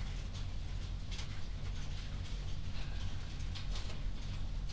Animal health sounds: poultry house recording; no chicken sound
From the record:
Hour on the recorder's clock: 22

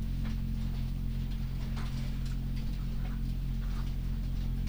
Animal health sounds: poultry house recording; sick chickens (respiratory disease)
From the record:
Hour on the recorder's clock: 22

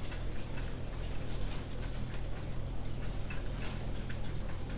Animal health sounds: poultry house recording; no chicken sound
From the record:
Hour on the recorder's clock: 19

